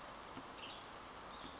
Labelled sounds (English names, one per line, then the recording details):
Western Tanager
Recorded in Sonoma County, California